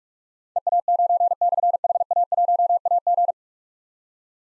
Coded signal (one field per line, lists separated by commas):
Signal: Morse code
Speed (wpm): 44 wpm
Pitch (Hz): 700 Hz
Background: none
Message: EA9/HA1AG